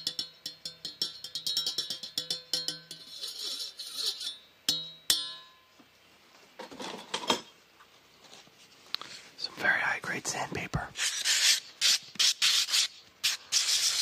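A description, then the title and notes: Busy handling sounds: paper and packaging rustle and crinkle in quick bursts, with scratchy rubbing strokes like sanding. Around the four to five second mark come a few sharp taps, then a brief quiet spell before dense scraping and rustling resume through the end. Our friend Bearded Audio ASMR presents a tingle-filled episode including unboxing, wood sanding, tapping, paper, and much more.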